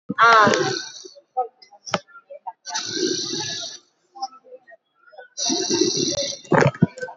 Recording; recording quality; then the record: shallow breathing; moderate, slight background noise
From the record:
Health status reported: COVID-19 positive, mild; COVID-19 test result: positive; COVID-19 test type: RT-PCR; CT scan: not taken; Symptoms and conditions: cough, cold, muscle pain, chronic lung disease, ischaemic heart disease, another condition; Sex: female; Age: 81 years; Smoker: no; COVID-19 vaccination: none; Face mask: not worn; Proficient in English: no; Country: India